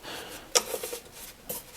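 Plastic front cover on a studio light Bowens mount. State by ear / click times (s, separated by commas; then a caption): seated / 0.6 s. A plastic front cover or reflector is twisted onto the Bowens mount of a NEEWER CB60B 70W LED video light until it locks in place. Soft rubbing and scraping lead to a sharp click at 0.6 s, followed by a second, duller sound around 1.5 s. The cover is seated.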